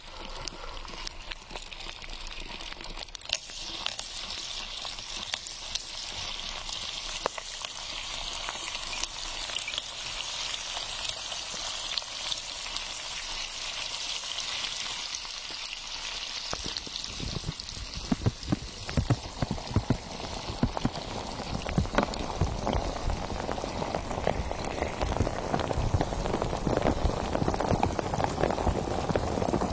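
Sparkling water fizzes with a dense, steady crackle of tiny popping bubbles, bright. Around the seventeen-second mark the sound thickens and grows louder, shifting to a fuller, lower hiss of busier bubbling that continues to the end.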